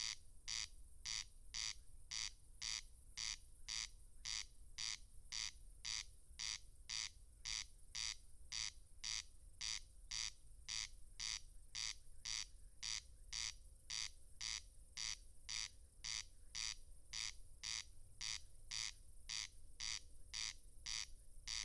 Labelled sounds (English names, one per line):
Corn Crake song